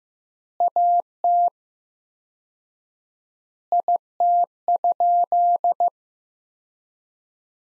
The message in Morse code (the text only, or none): AT IT?